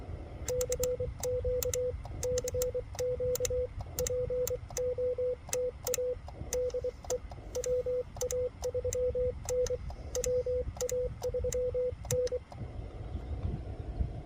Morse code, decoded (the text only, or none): CQ CQ POTA DE WA3N WA3N